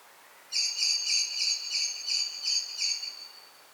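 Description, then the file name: Common blackbird calling a single series of sharp, metallic chink notes, about eight evenly spaced, lasting roughly three seconds. "Turdus merula"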